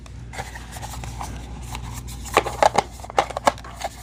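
A plastic dust bin is slid back into the body of a Narwal Freo Z10 robot vacuum after its reusable filter is shown, giving soft rubbing and a few sharp plastic knocks near 2.4, 2.7, 2.8, 3.2 and 3.5 seconds. The clip ends before the bin goes home, so nothing has seated or clicked yet.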